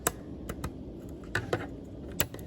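A plastic motor clip is pushed from the side into a robot chassis until it is fully in, with sharp clicks at 0.1, 1.4 and 2.2 seconds among quieter taps. The clip is seated.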